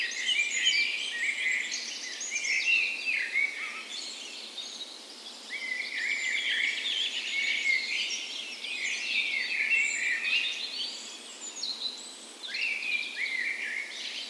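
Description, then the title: Birds in a dense dawn chorus, continuous overlapping warbles, high whistles and rapid trills, with a brief lull before the song builds again. Dawn chorus recorded the morning of 17 May, Norway's National Day, in a park west in Bergen, Norway, in full spring; Sony PCM A10 recorder with LOM Usi microphones as tree ears. "17th Of May Dawn Chorus"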